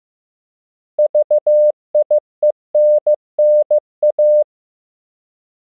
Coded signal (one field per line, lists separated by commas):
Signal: Morse code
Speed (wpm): 15 wpm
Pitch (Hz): 600 Hz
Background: none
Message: VIENNA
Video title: Morse Code Practice — World Capitals, 15 WPM